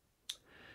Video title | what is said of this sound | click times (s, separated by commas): Victorinox 91mm Lite - Light Modules | it clicks into place automatically and it's got some Force going down to that spot much like a magnet would be to | 0.3 s